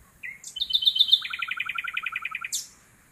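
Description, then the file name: Common nightingale song: a short note, then a fast series of repeated notes running nearly two seconds, ending in a sharp high flourish. "Luscinia megarhynchos"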